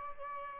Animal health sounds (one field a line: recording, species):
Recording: mosquito wingbeat signal from an infrared sensor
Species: Aedes albopictus